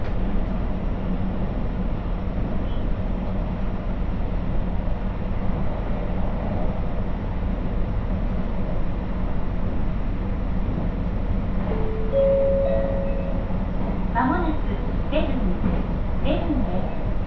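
A train ride on the Muroran Main Line: a steady low rumble of the moving train runs throughout, with a faint murmur of voices. Around twelve seconds a short tonal whine sounds, and from fourteen seconds brief clicks and clunks break through the rumble.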